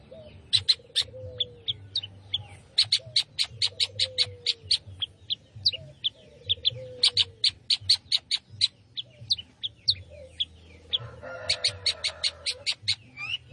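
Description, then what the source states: Long-tailed shrike pouring out rapid clicking and chirping notes in bursts, with softer slurred falling whistles repeating underneath and a low hum throughout. Singing lively (gacor).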